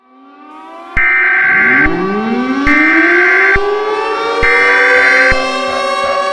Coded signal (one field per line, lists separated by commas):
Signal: Emergency Alert System (SAME) tones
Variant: header bursts